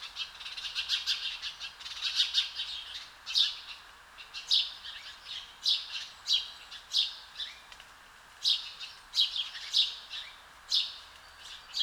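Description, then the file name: House sparrow giving single sharp chirps, at first closely bunched, then spaced about one per second. "Passer domesticus"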